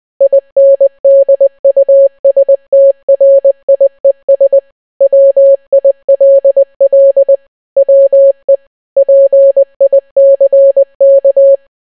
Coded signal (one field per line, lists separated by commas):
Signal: Morse code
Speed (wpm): 20 wpm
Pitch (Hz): 550 Hz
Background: none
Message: INDUSTRIES WILL WE PICK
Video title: The Entire Bee Movie Script Except its in Morse Code